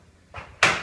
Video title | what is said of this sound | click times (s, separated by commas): Vinyl Cladding New Zealand | very easy once more, and we just clip in. | 0.6 s